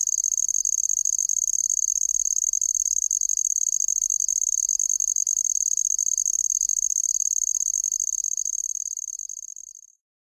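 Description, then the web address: Handsome trig song, an unbroken, very high, shimmering insect trill held steadily for about ten seconds before it ends. North America. "Songs of Insects. Handsome Trig"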